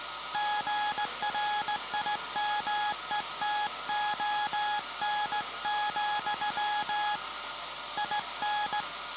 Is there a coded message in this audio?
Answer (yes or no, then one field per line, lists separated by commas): yes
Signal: Morse code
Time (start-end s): 0.3-8.8 s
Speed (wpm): 17 wpm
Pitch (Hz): 840 Hz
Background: none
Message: GRIMETON, IN